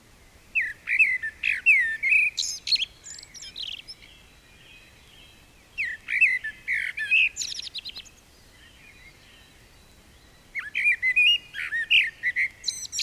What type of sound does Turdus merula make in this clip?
song